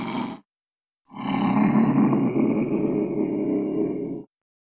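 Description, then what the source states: Cat growl: a short rough burst, then a continuous harsh, low growl lasting about three seconds. Cat fight with yowls.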